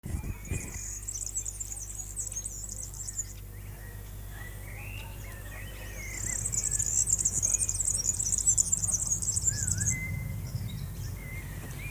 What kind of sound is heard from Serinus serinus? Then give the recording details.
song. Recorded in the wild. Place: Lübars, Berlin, DE. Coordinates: 52.6167, 13.35. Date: 2004-06-27 15:14. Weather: overcast, 20°C. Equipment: Sony WM-D6C, Sennheiser ME 80, Kopie Uher 4000 Report Monitor. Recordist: Tembrock, Günter